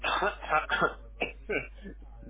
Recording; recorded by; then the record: voluntary cough; telephone call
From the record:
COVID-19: negative